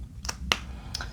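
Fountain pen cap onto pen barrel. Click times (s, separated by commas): 0.5 s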